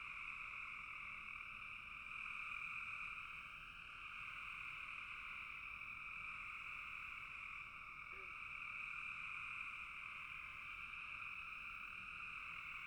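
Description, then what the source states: Frogs in a dense chorus, a steady drone in two high bands that never breaks, with one faint lower note midway. Frogs calling in a bog.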